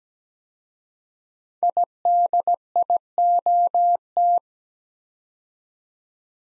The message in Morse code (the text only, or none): IDIOT